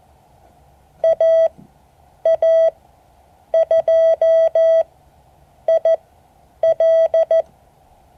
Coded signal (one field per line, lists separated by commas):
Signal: Morse code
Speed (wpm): 14 wpm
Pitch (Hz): 650 Hz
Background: none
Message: AA2IL